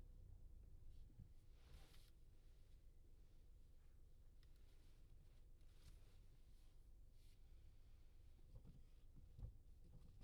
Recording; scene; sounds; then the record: everyday scene through a hearing-aid microphone; in a vehicle; engine, traffic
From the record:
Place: Skoda Fabia, gasoline engine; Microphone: in the ear canal, left